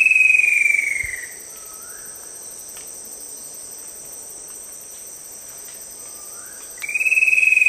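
Yellow-billed kingfisher call, a high note falling slightly in pitch, heard at the start and again at the end, with constant buzzing insects behind.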